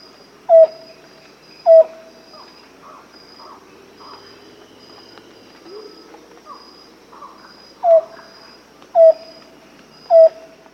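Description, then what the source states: Amazonian antpitta song: short hollow whistled notes, a pair then a run of three, about a second apart, over background noise and faint other calls. South America.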